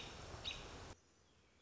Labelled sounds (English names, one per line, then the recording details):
American Robin
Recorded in Sonoma County, California